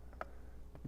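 A tightly torqued metal screw in the gear housing of an OE Apex hand coffee grinder is loosened during a takedown for deep cleaning. It breaks free with a sharp click at 0.2 s, and fainter ticks follow. The screw is released.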